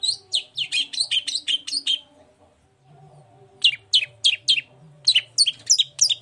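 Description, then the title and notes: Long-tailed shrike: a rapid string of squeaky chips and slurred whistles, a pause of about a second and a half, then another quick series. Cendet singing in the morning in a varied 'toet toet' style, used as a lure to provoke other shrikes into answering and singing along. "Langsung NYAUTTTTT ! Cendet Gacor Dor Di Kala Pagi Toet Toet Variasi Suara. Pancingan Emosi Cendet Gacor Full Variasi Toet Toet Bikin Nyaut Cendet Lain Langsung Ikutan Bunyi. Burung cendet"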